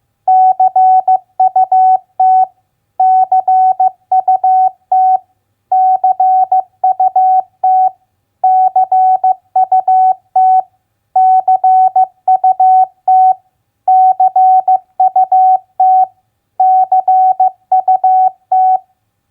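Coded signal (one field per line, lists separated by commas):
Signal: Morse code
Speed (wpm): 16 wpm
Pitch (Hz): 750 Hz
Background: none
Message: CUT CUT CUT CUT CUT CUT CUT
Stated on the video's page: Morse word-recognition practice of common three-letter words at 15 wpm.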